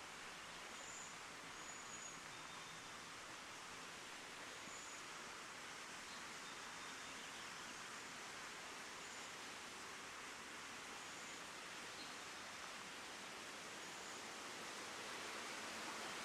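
Water moves through Cougar Canyon Creek in a steady, dense rush that holds at an even level for the whole stretch, brightest in the upper range. Faint high chirps, likely birds, surface every couple of seconds above the flow.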